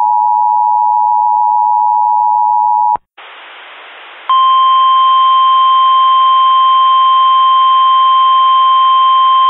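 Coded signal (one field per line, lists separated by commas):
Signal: Emergency Alert System (SAME) tones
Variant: 853 and 960 Hz attention tone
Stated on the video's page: Mock test tornado warning generated with CAVE AWIPS software; valid EAS tones, not a real alert.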